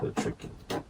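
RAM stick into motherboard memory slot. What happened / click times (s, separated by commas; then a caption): The part is being handled and has not seated yet / none. A DDR4 memory stick is handled at a motherboard DIMM slot while someone talks briefly. Nothing has seated or clicked yet.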